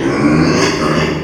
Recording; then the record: squeal of a Yucatan mini pig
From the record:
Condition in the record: before surgery on the right vocal fold (resection and tissue-engineered implant); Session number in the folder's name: 1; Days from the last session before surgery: -3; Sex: male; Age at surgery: 12 weeks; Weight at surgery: 13 kg